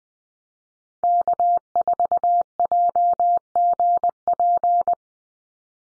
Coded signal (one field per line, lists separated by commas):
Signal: Morse code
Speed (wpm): 20 wpm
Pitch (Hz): 700 Hz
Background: none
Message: K4JGP